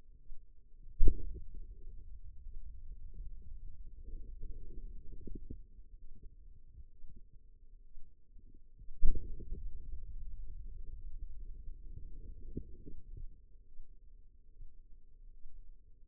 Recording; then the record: forearm muscle sounds (acoustic myography)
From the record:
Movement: pen grasping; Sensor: system 2, bracelet of six BSWA MPA416 microphones around the upper forearm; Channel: 3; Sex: female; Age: 25 years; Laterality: right